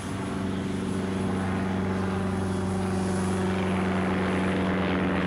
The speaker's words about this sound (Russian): Аэропорт. Самолет взлетел. Взлетающий самолет загорелся и упал.